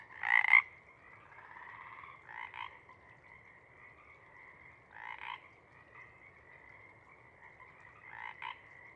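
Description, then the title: Pacific chorus frogs calling in scattered two-note ribbits, one loud burst at the start then softer calls every few seconds, with a faint trilling chorus underneath. Chorus at a pond in pre-morning twilight as late night wanes; temperature torpor sets in, individuals leave to hunt; full chorus breaks into waves circling the pond, then staccato sections tapering away. "Chorus Frogs, Chorus Waxes and Wanes, pre-morning-twilight"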